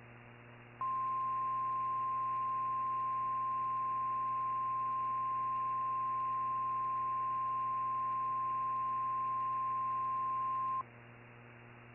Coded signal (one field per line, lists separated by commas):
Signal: Emergency Alert System (SAME) tones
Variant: 1050 Hz attention tone